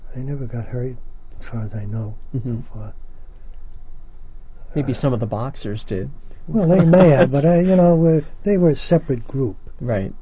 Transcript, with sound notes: I never got hurt, as far as I know.
Maybe some of the boxers did -- (laughs)
Well, they may have, but I -- you know, they were a separate group.
Right.